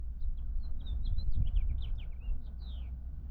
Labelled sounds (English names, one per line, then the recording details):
House Finch song
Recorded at Lawrence on Long Island, New York, on 4 June 1975
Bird E